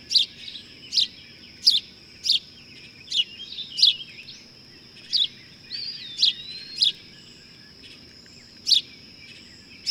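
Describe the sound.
Bird chirping irregularly in sharp high notes, with a looping whistled phrase in the middle and a steady shrill hum throughout.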